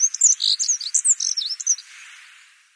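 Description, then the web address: Black-throated accentor song: one quick phrase of high, scratchy warbled notes lasting under two seconds, then fading hiss. "Schulze Peter Black-throated Accentor song"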